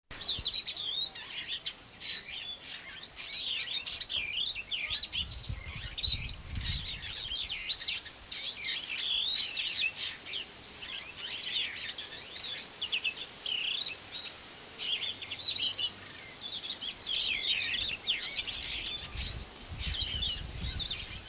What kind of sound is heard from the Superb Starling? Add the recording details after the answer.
song. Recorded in captivity. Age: adult. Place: Zoo Berlin, Berlin, DE. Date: 2002-07-25 12:05. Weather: overcast, intermittent rain, 16°C, gusty winds. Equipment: Nagra SN, Kopie Uher 4000 Report Monitor. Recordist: Tembrock, Günter